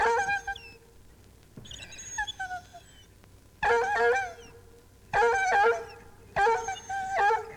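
Bloodhound baying with long, quavering, drawn-out howls, repeated in bursts a second or two apart.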